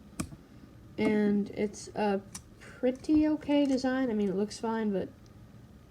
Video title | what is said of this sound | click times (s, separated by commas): LEGO 75265 T-16 Skyhopper vs. Bantha Microfighters | gonna connected by this one a hook piece which just snaps right in place and | 0.2 s